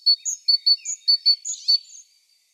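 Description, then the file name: Great tit giving a quick run of high alternating notes, ending in a brief scratchy flourish. "Parus major"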